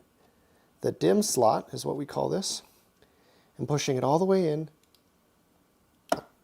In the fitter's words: until i hear that click